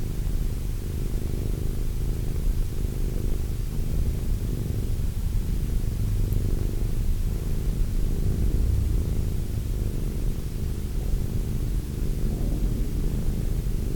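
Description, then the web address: Cat giving a long, steady purr, a deep vibrating hum rising and falling slowly with its breathing. Cat named Wilson. "~pelikas CATSOUNDS Wilson Cat"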